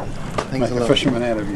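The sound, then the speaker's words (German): A motorboat drones steadily across the water on the way to Rangitoto Island near Auckland, New Zealand, its engine a continuous low rumble with splashy hiss, while a person talks over it. “Bill fährt mich mit seinem Boot nach Rangitoto.”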